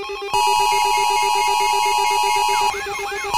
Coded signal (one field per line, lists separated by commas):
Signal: Emergency Alert System (SAME) tones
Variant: 853 and 960 Hz attention tone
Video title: EAS Mock: Jupiter Collision Revamped.